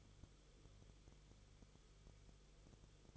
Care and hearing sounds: daily activity, microphone in the room; no activity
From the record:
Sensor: 4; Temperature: 22.9 degrees Celsius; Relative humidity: 34.5%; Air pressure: 1011.5 hPa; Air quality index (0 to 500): 193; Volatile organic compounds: 13 ppm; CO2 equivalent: 2388 ppm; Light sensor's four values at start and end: 2/3/1/1 and 2/3/1/1

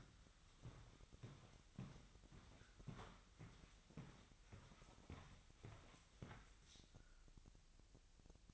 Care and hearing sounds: daily activity, microphone in the room; walk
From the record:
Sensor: 3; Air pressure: 1001.7 hPa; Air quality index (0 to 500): 230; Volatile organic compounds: 35 ppm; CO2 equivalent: 3058 ppm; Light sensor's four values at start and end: 13/38/16/14 and 13/39/17/15

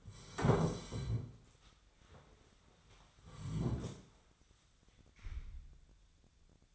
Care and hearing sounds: daily activity, microphone in the room; sit down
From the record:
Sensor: 3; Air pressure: 1015.2 hPa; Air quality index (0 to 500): 143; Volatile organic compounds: 7 ppm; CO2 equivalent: 2032 ppm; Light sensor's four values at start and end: 15/38/15/16 and 15/38/15/16

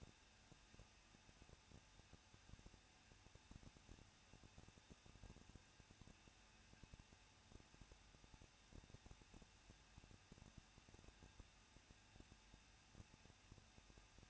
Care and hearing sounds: daily activity, microphone in the room; no activity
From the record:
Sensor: 2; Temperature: 21.0 degrees Celsius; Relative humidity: 37.4%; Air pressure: 1006.2 hPa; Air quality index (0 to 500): 222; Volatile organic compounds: 24 ppm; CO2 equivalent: 2809 ppm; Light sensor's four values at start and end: 2/3/2/2 and 2/3/2/2

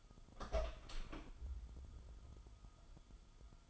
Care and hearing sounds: daily activity, microphone in the room; open door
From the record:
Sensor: 5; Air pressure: 1005.1 hPa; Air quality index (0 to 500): 93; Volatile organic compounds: 2 ppm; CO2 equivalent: 1131 ppm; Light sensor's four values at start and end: 35/81/32/31 and 35/81/32/31

